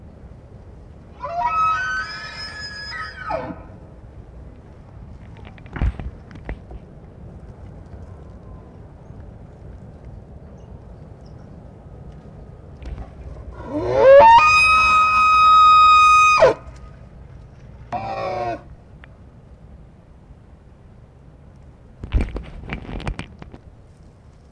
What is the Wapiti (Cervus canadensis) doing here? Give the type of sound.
rut call